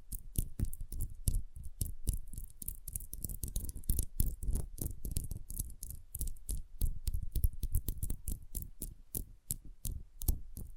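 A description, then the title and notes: Sensitive tapping, a rapid stream of light, crisp taps that rarely pause, each with a dull low thump under a bright click. The rhythm is uneven, with clusters of quicker taps around four seconds and again near the end. Sensitive Tapping.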